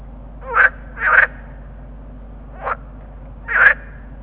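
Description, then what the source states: Water frog croaks, harsh pulsed bursts: two close together, a pause, then a softer one and another loud one, over a constant low background hum. Water frogs calling together in a chorus.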